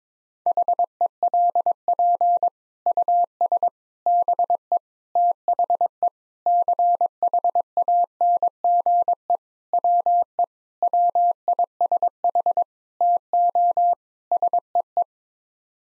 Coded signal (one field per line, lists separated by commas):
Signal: Morse code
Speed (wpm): 22 wpm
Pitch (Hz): 700 Hz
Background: none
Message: HELP US BE THE CHANGE WE WISH TO SEE